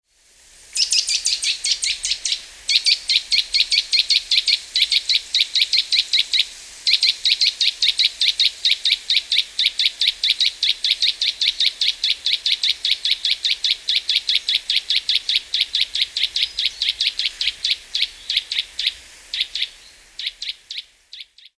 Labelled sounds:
Eurasian Nuthatch (Sitta europaea)

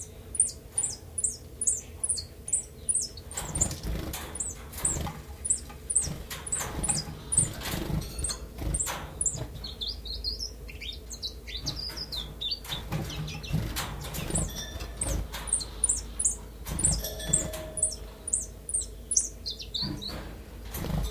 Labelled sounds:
Common Chiffchaff (Phylloscopus collybita)

